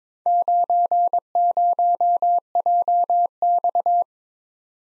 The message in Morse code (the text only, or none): 90JX